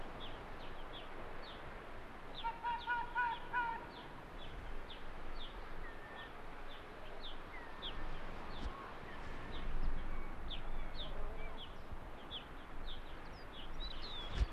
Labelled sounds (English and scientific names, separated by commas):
Arctic Fox (Vulpes lagopus)